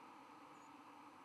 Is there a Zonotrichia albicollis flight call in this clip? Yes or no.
no